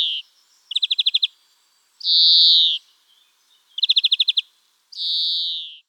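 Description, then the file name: European greenfinch giving quick rattling trills that alternate with long, drawn-out nasal wheezes, trill then wheeze twice over. "Gruenfink Carduelis-chloris"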